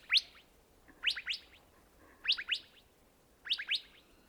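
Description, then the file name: Gambel's quail calling in single and paired sharp notes, the clusters a little over a second apart, with soft hiss behind. "Golosa ptic - SHlemonosnyj hohlatyj perepel Callipepla gambelii"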